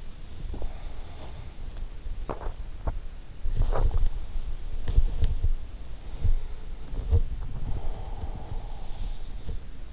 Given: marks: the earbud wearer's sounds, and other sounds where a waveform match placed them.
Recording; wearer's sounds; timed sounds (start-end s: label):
sounds in sleep by an in-ear microphone; body movement
0.00-9.29 s: body movement